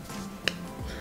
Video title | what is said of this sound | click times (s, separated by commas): СВОТЧИ Суперстойкая матовая помада THE ONE Colour Unlimited Ultra Fix 41796 - 41809 Орифлэйм | щелчок слабее чем у умкалор но | 0.5 s